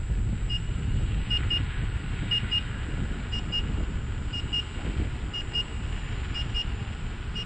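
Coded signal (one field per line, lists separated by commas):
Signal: alarm pattern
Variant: Gotway electric unicycle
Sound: repeating pairs of short high beeps, about two per second, over rushing wind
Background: wind and road noise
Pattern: 2 short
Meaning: First-class speed alarm reached; rider is at the set speed, no cut-out warning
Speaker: it doesn't mean anything bad is about to happen it just tells you how fast you're going it just tells you hey you're doing this speed first class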